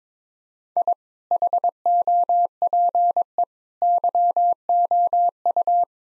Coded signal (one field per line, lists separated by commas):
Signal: Morse code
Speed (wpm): 22 wpm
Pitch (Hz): 700 Hz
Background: none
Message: I HOPE YOU